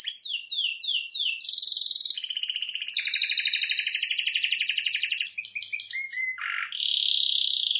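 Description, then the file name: Canary song: quick repeated downslurs, a bright trill, long fast rolling tours, a dip to low buzzy notes, then a steady warbled phrase. "Canary Voice"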